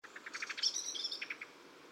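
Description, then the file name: Common blackbird giving a rapid series of sharp, clucking notes, mixed with higher squeaky tones over a steady background hiss. "Turdus merula"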